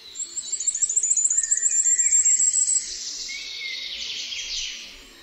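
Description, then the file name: Common firecrest song: a rapid string of very high, thin, even notes lasting about two and a half seconds, then fading. "ZNICZEK"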